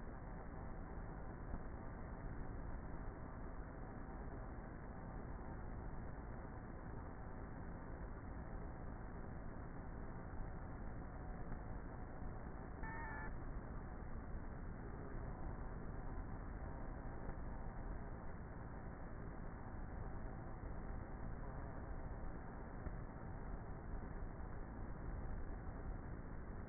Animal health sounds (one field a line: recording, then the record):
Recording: honeybee colony, microphone inside the hive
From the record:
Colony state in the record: queenless with a low population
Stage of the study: before two queens were removed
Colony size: about 30,000 bees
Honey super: no